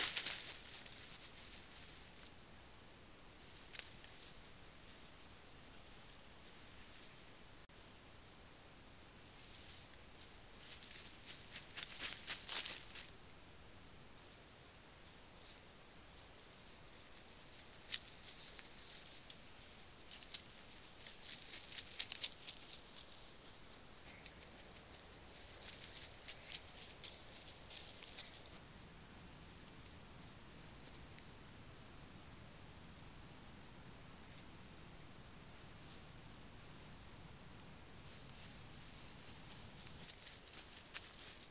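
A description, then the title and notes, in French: Badgers move through an orchard at night, heard as soft, irregular patter and rustling that comes and goes in small bursts, busiest from about 10 to 28 seconds. Underneath lies a steady low hiss, with a faint low rumble in the later part. Balades de Blaireaux dans le verger la nuit.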